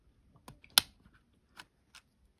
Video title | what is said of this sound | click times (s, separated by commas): How to replace the large keycaps on a MacBook Pro A1706, A1707 and A1708 (2016 - 2018) | lift gently until you hear a click then slide the tool across | 0.8 s